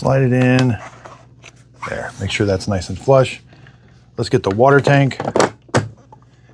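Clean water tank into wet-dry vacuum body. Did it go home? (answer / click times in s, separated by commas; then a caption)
yes / 5.8 s. The clean water tank of a Tineco Floor One i5 Stretch wet-dry vacuum is set onto the vacuum body and pressed home while someone talks. A loud, short click sounds at 5.8 seconds as the tank seats into place.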